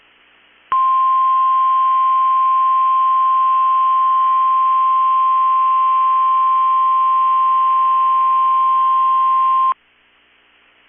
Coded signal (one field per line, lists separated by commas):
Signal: Emergency Alert System (SAME) tones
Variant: 1050 Hz attention tone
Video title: 4/20/22 - KEC65 Required Weekly Test (EAS #442)